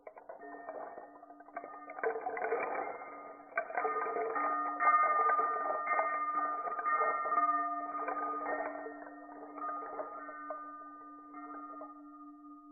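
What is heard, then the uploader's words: A singing bowl hums a steady low tone throughout while shacapas and a bell add shimmering, rustling strikes on top. The texture swells around two seconds and stays dense and ringing through the middle before thinning toward the end, with sustained metallic tones lingering. I recorded a brief awakening of my altar with my singing bowl, shacapas, and bell. I recorded a slow motion video at 240 FPS on my iPhone, and used Sennheiser Ambeo binaural recording headphones to capture the slowed sounds.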